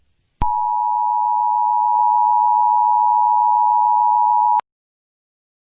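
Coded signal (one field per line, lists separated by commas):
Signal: Emergency Alert System (SAME) tones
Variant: 853 and 960 Hz attention tone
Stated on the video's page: A fictional EAS scenario, not a real alert, set in New York City.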